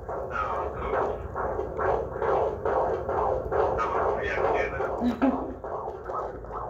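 Fetal heartbeat heard on Doppler ultrasound at a 20-week prenatal checkup, found after some searching with the probe.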